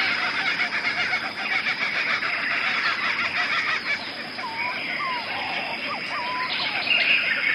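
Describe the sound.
Jungle birds calling: several short rising and looping whistles near the middle over a dense, constant chorus of chirps and a steady high insect drone.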